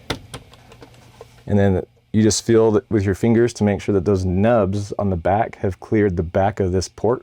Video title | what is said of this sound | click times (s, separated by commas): When Plumbing Repairs Don't Go As Planned - How to Fix a Pex Stem | You just push it back in all the way. You're gonna hear it click. | 0.1 s